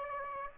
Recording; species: mosquito wingbeat signal from an infrared sensor; Aedes aegypti